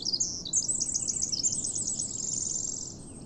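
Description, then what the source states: Pacific wren singing a fast, jumbled stream of high bubbly notes that ends in a thin high trill, with a soft low rumble underneath. Singing perched out in the open, further down a dune in the park named for Lewis and Clark; species creeps along the ground and under logs and upturned tree roots; possibly smallest bird there.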